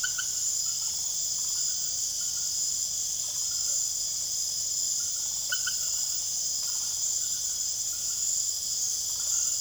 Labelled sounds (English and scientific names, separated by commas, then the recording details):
none
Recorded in secondary vegetation near Puerto Asís, Putumayo, Colombia, on 24 June 2025 at 20:00
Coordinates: 0.489, -76.322
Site G021